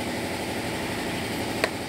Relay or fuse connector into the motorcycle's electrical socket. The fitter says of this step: kalau ini masang nyampai bunyi klek gitu ya biar ngancing jangan